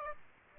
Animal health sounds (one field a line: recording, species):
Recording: mosquito wingbeat signal from an infrared sensor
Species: Aedes aegypti